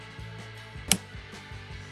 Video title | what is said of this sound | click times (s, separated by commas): DIY 2019-2024 Nissan Murano Tail Light Replacement - How To Replace Nissan Murano Tail Lights | Once it's completely pushed down and you hear a clicking sound, | 0.9 s